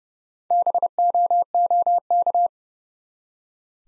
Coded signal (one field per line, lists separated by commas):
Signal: Morse code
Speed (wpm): 30 wpm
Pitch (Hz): 700 Hz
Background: none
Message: BOOK